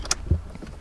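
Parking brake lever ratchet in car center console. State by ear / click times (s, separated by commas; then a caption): seated / 0.0 s, 0.1 s. The parking brake lever in the center console of a 2001 Honda Insight is pulled by hand after the brake has been adjusted at the handle. Its ratchet gives two quick, sharp clicks close together at about 0.1 s, followed by a low thud near 0.3 s. The lever catches after only one or two clicks and holds the brake tight.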